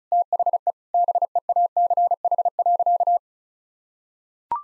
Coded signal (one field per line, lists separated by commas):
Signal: Morse code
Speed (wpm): 36 wpm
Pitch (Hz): 700 Hz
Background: none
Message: THE BEACH.